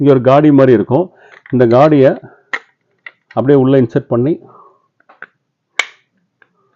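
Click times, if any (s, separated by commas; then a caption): 5.8 s. A grater or blade attachment is aligned with a groove on a Preethi mixer-grinder jar or base and pushed in until it locks onto it. Someone talks at first, then a few soft taps and knocks follow before a sharp snap at 5.8 s as the attachment locks in place.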